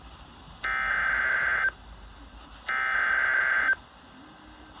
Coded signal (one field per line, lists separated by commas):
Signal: Emergency Alert System (SAME) tones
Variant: header bursts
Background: speech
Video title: A weekly test and a severe thunderstorm storm watch ￼eas alerts from 6/2￼￼8/23 eas 599-603